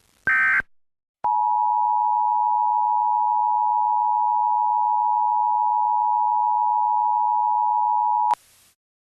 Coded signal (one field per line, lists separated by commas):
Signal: Emergency Alert System (SAME) tones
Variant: 853 and 960 Hz attention tone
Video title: EAS - THIS IS ONLY A TEST…